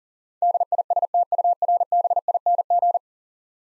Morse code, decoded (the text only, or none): DISTURBING